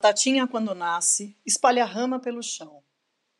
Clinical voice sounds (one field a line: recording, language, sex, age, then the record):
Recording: short text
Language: Brazilian Portuguese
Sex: female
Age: 50 to 59 years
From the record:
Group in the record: control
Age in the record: 53 years